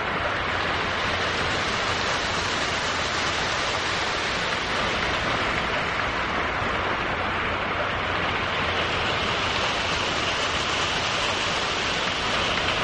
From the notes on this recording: the rhythmic patterns of raindrops and the deep rumbles of distant thunder